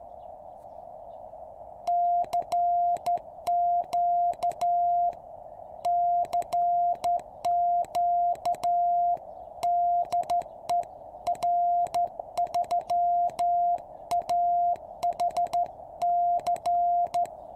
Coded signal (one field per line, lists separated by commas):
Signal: Morse code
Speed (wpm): 13 wpm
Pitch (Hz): 700 Hz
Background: none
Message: CQ CQ DE R3AHC